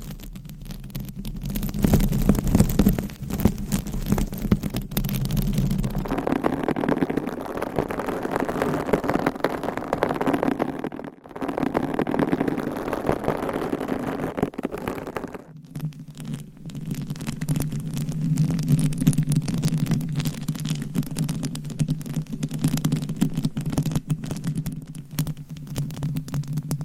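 Scratching and rubbing on a microphone cover, a dense, continuous rasp with a strong low rumble. The texture shifts around 6 seconds, growing brighter and scratchier, then drops out briefly near 11 and 15 seconds before a lower, steadier scraping takes over.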